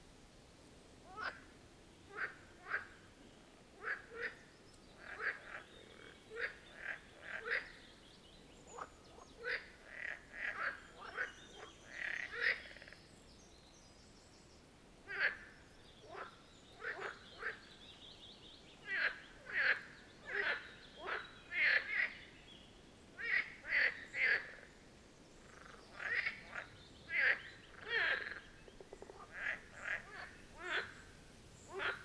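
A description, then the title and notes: A chorus of Marsh Frogs calls in quick bursts of sharp, bright croaks, clustered in runs with short pauses between them, a brief lull around fifteen seconds. Calls overlap at times, some louder and more ringing, over a low, steady background hiss. Marsh Frogs of the Birkensee. A chorus of Marsh Frog ( Pelophylax ridibundus ) at the Birkensee, in Schönbuch, DE. Recorded on one of the first proper hot days of this Summer.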